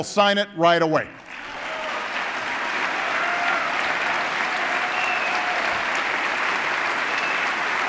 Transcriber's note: applause